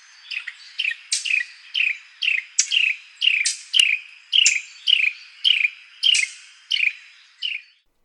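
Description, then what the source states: Carolina Wren down-slurring chirr calls, a long series of short harsh notes each dropping in pitch, with little else audible. Down-slurring chirr used as a contact call between mates.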